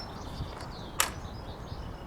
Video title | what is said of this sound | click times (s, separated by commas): Karcher Telescopic Spray Lance Review and Demonstration. | make sure the flux of vertical push that in until it clicks and then pull on it to make sure that it's connected properly | 1.0 s